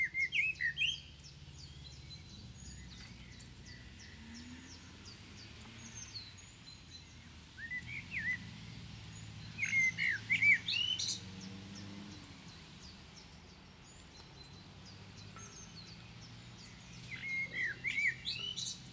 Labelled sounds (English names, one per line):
Common Blackbird song